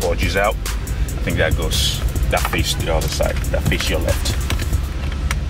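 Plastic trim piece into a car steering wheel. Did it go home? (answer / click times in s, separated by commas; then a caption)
yes / 5.3 s. A directional plastic trim piece is fitted onto a replacement steering wheel assembly for a Mercedes-Benz W204/W205 C300 (2008–2015) and pressed until it clicks into place. Someone talks over background music, and a sharp click at 5.3 s signals that the part has seated and everything is in place.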